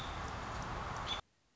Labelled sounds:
American Robin (Turdus migratorius)
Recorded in Sonoma County, California

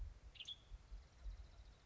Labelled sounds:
Western Tanager (Piranga ludoviciana)
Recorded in Sonoma County, California

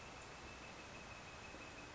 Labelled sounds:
Northern Flicker (Colaptes auratus)
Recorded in Sonoma County, California

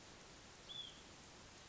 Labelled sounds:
Hutton's Vireo (Vireo huttoni)
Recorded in Sonoma County, California

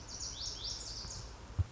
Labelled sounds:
Lazuli Bunting (Passerina amoena)
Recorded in Sonoma County, California

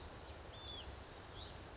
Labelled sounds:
Hutton's Vireo (Vireo huttoni)
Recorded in Sonoma County, California

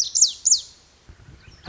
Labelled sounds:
Lazuli Bunting (Passerina amoena)
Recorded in Sonoma County, California

